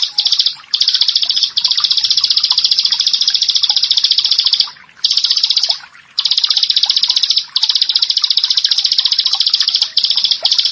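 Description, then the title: Bar-winged prinia song: intense, buzzy high trills of very fast notes running for several seconds at a time, separated by short gaps. "Ciblek Sawah 1"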